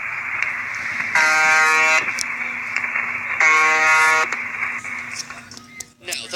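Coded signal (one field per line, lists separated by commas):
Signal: channel marker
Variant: UVB-76 "The Buzzer"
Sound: two harsh, low buzzes of about one second each, separated by radio hiss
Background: radio static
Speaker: up is uvb-76 so this is an incredibly eerie and unexplained broadcast ever since 1982 something called the buzzer can be heard from Moscow Russia it's the constant buzzing which changes pitch twenty five times a day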